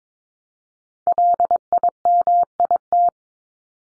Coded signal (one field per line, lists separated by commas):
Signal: Morse code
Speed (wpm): 22 wpm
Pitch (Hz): 700 Hz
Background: none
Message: LIMIT